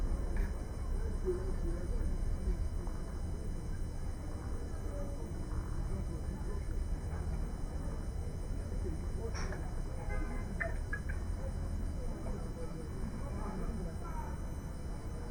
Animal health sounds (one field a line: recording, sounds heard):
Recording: poultry house recording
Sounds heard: healthy chickens